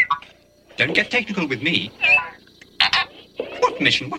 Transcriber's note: beeping and whistling; beeping and whistling